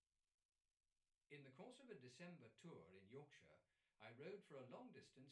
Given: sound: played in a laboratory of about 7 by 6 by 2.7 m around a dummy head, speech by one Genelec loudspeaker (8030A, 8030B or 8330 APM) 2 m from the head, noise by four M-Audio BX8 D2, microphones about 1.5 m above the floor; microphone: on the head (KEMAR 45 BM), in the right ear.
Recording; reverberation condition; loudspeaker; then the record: male speech in English; low; 30 degrees to the left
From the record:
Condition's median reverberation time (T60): about 310 ms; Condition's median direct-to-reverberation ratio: about 3.5 dB